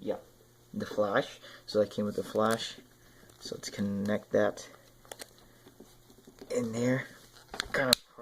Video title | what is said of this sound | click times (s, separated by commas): DC Comics Multiverse Justice League Collect and Connect Steppenwolf Action Figure Review | There you go. Hear that click. | 7.9 s